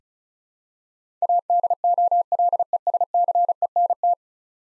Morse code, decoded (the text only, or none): ADOLESCENT